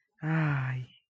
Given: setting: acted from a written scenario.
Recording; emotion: vocal sound without words; relief